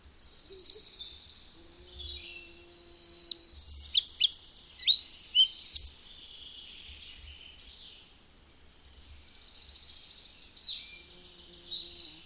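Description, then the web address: Collared flycatcher song: a three-second burst of high, sharp squeaky and whistled notes, with a thin high buzzy trill running faintly through the background. "Madardalok - Örvös légykapó"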